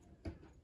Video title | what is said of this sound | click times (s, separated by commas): Twin Star Home Terryville TV Stand - DIY Instructions to Build! | it in place and just let me press and it's kind of click in place for | 0.2 s